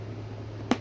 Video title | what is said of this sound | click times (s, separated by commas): Rollieflex Alternative? Anscoflex II | you know, flip it over and click it on here. | 0.7 s